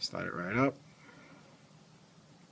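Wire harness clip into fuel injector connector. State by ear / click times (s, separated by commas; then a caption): not seated / none. A rectangular plastic wire harness clip on a 2005 Dodge Dakota is slid back up into the fuel injector connector housing while someone talks briefly at the start. Quiet, low handling noise follows. The clip has not clicked or seated yet.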